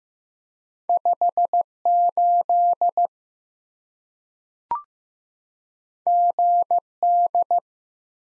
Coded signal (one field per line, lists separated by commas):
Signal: Morse code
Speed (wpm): 15 wpm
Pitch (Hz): 700 Hz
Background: none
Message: 58 GD